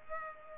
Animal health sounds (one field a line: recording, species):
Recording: mosquito wingbeat signal from an infrared sensor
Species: Culex pipiens